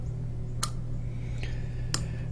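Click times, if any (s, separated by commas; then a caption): 1.9 s. On the final fill stroke of a vintage Waterman lever-filler fountain pen, the metal lever is pressed down and returned flush into the plastic/hard-rubber barrel. Over a steady low hum, a sharp click at 0.6 s and a softer one near 1.4 s lead to the lever clicking into place at 1.9 s. The lever seats cleanly and nicely, working well after repair work done on it.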